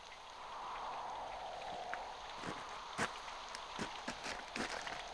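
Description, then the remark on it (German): Footsteps squelch through wet sand in steady rain, a few soft, irregular thuds rising over the constant hiss of falling water, with no voices. “Ziemlich mühsam, was? Bei dem Wetter und in dem nassen Sand.”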